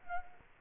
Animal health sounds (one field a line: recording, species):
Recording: mosquito wingbeat signal from an infrared sensor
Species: Culex quinquefasciatus